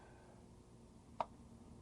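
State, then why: Seated. A knife is pushed into a leather snap-fit sheath until the point of its guard passes the internal cam of the welt and drops into its home position. A single small, sharp click is heard at 1.2 s against a quiet background. The knife is seated in the sheath.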